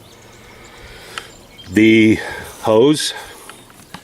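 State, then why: Seated. Someone slides the upper handle tube of a Greenworks 2100 PSI electric pressure washer, its spring-loaded pop buttons pressed in, down into the pressure washer body. The buttons click into their holes at 1.2 s, seating the handle. Then someone talks over faint outdoor background noise.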